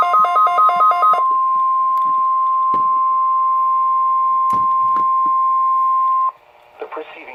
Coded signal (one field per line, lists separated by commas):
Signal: Emergency Alert System (SAME) tones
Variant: 1050 Hz attention tone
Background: speech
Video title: Required Weekly Test With Fails! (EAS #48)